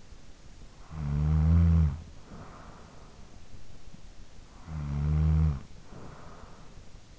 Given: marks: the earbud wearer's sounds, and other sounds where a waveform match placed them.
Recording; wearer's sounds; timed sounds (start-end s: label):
sounds in sleep by an in-ear microphone; snoring breath
0.63-3.80 s: snoring breath
4.32-7.19 s: snoring breath